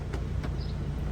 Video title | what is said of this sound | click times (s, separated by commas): 2022 Subaru Ascent Touring | push it forward, it locks in place, and then you're able to climb into this third row. | 0.1 s